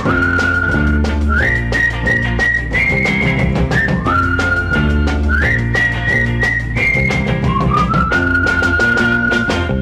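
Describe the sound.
A bright whistled melody glides and steps between sustained notes, carried over a loud, steady band accompaniment with a bouncing rhythm and no voices.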